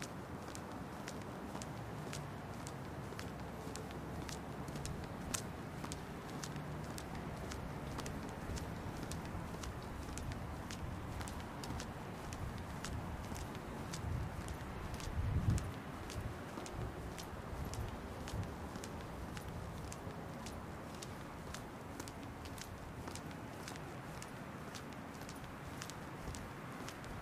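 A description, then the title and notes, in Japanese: A walk home: a steady low rumble of traffic under frequent sharp ticks and steps, with a brief heavier thump about halfway through. 帰り道、まだ桜は咲いてました。今回も本人喋りません！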